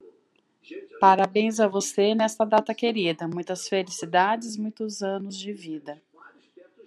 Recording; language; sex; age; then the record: short text; Brazilian Portuguese; female; 40 to 49 years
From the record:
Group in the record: control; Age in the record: 49 years